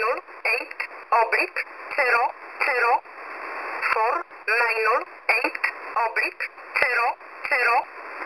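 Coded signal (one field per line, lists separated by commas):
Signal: numbers station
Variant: E11 Oblique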